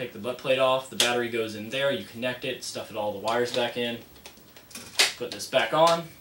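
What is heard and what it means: Someone talks while handling the plastic butt plate of a KS P90-TR airsoft P90 stock, where the battery is connected and the wires are stuffed back into the battery compartment before the plate is put back on. A few short handling knocks are heard between about 4.3 and 5.0 seconds. The butt plate has not locked onto the stock yet, and nothing has seated or clicked.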